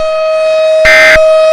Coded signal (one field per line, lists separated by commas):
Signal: Emergency Alert System (SAME) tones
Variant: end-of-message bursts